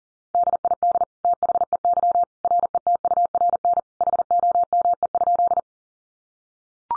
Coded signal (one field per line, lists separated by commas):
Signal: Morse code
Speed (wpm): 40 wpm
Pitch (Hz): 700 Hz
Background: none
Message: DID THEY RETURN HOME?